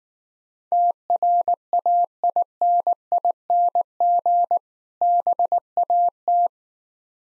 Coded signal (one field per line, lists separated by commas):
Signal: Morse code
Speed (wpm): 19 wpm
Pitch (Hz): 700 Hz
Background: none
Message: TRAINING BAT